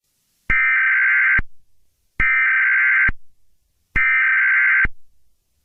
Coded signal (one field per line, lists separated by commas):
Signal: Emergency Alert System (SAME) tones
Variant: header bursts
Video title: GAINESVILLE - A tornado EAS Scenario